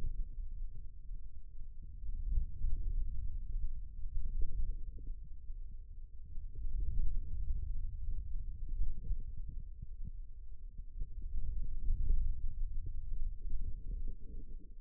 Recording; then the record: forearm muscle sounds (acoustic myography)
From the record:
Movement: hand closing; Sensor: system 2, bracelet of six BSWA MPA416 microphones around the upper forearm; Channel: 4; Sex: male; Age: 22 years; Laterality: right